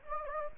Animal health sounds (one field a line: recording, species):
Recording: mosquito wingbeat signal from an infrared sensor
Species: Anopheles gambiae